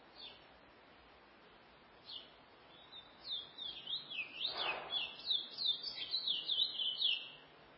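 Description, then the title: Chestnut-bellied seed finch song: after two brief chirps, a fast warbled phrase of rapid rising and falling high notes runs for about four seconds, over faint background hiss. "Canto De Curio"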